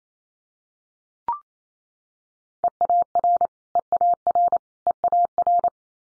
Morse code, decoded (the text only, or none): EAR EAR EAR